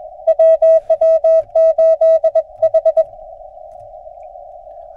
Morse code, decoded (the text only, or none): WW8H